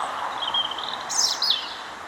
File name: Erithacus rubecula